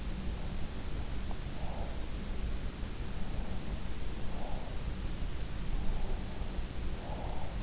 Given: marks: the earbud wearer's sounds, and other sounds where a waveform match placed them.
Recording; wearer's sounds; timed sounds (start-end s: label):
sounds in sleep by an in-ear microphone; breath
0.52-1.98 s: breath
3.12-4.77 s: breath
6.05-7.60 s: breath